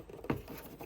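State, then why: Seated. A wiring plug is pushed onto the rear tail light socket of a BMW X3 F25 before the lamp is fitted into the rear bumper cover, and it clicks in at 0.3 s. The click is a short, sharp snap with a few fainter taps around it, and the connector is confirmed seated.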